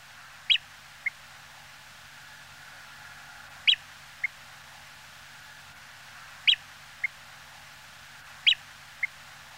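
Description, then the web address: Nordmann's greenshank giving four paired calls, a loud harsh note then a short fainter one, repeated every two to three seconds against a steady background hiss. "tringa guttifer"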